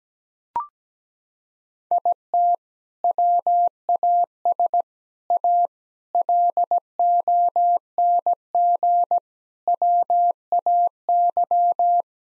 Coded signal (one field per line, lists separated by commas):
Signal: Morse code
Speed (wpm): 17 wpm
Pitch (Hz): 700 Hz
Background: none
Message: IT WAS A LONG WAY